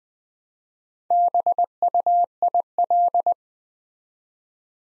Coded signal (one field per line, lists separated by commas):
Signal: Morse code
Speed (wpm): 20 wpm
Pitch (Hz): 700 Hz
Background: none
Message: BUIL